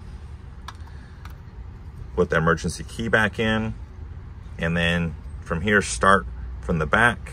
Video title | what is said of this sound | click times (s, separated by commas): ALL Ford Key Remote Dead Battery - install | Make sure it looks flush. You hear those clicks. | 0.7 s, 1.2 s